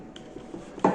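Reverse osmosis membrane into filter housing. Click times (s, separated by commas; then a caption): 0.8 s. An 1812 reverse osmosis membrane is pushed blind into its plastic filter housing until its end fits into the inner socket. After faint rubbing and a small tick near 0.2 s, a loud, broad click sounds at 0.8 s, and the membrane end is seated in the housing.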